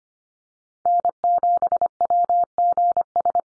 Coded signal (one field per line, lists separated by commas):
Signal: Morse code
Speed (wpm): 25 wpm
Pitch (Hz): 700 Hz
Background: none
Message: N7WGS